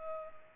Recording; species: mosquito wingbeat signal from an infrared sensor; Culex pipiens